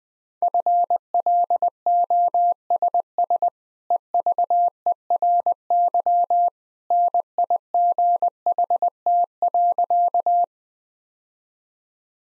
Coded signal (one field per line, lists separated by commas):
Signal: Morse code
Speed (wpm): 21 wpm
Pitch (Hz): 700 Hz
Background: none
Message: FLOSS EVERY NIGHT.